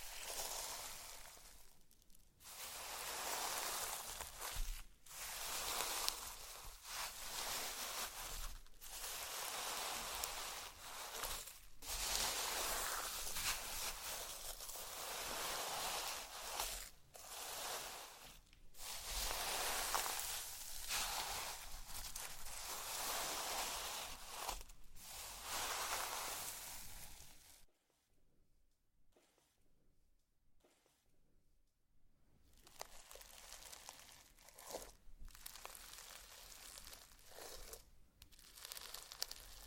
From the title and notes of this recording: ASMR SLIME! 5 Satisfying Slimes For Sleep (No Talking).